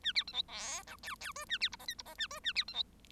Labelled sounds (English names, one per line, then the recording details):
Bengalese Finch song
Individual Bird1